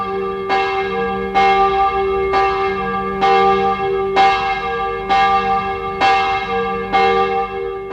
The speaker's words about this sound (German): Ich saß im Pfarrhaus, als die Glocke ertönte, zog den Talar über, ergriff das Kreuz, so da über meinem Tisch hing, und lief hinaus in die Nacht.